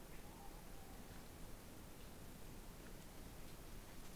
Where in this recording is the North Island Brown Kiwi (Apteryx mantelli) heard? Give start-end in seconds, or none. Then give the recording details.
none. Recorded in New Zealand on 16 November 2013. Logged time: 22:29. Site BS16